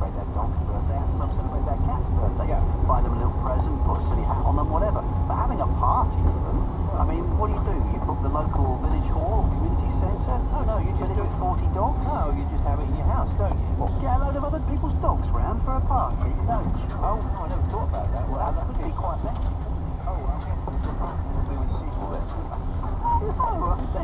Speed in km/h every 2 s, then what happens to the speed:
27, 31, 31, 32, 31, 29, 26, 24, 21, 16, 13, 16.
0-7 steady at about 31. 7-19 slows to 13.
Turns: 16-24.